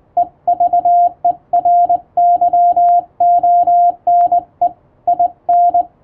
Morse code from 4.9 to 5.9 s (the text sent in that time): IN